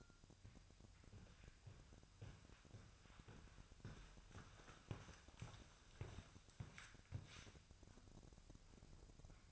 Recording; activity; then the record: daily activity, microphone in the room; walk to room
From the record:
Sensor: 2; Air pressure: 999.3 hPa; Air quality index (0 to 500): 193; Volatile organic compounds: 25 ppm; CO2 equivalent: 2849 ppm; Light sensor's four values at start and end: 7/17/7/7 and 6/14/6/6